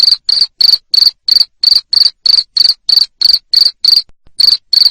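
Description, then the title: Cricket giving sharp, high chirps at roughly three per second, one short break near the end of the run. Loud cricket chirping played to stimulate lovebirds so they keep singing in the 'ngekek' style. "Suara JANGKRIK NGERIK Keras Bikin LOVEBIRD Jadi NGEKEK Terus Vubey"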